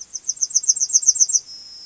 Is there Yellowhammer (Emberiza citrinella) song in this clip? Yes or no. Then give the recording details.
yes. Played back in grassland. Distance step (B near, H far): C. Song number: 010